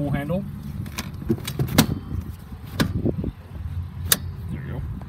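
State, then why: Seated. Someone talks while lifting the pull handle on a vehicle's folding seat and raising the seat, with several knocks and rattles along the way. A sharp latch click at 4.1 s is the seat locking into its upright position.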